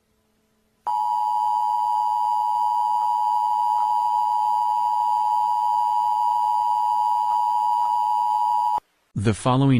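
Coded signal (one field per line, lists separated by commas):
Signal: Emergency Alert System (SAME) tones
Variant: 853 and 960 Hz attention tone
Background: speech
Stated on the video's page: Fictional EAS mock with text-to-speech voice.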